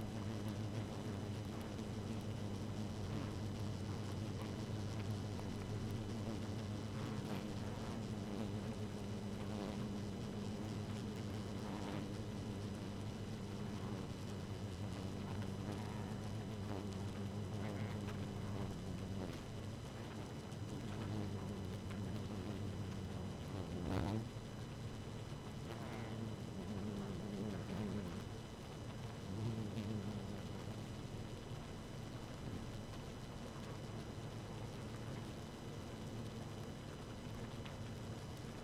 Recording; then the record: honeybee colony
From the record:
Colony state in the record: active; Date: 12 June 2018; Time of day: 0:10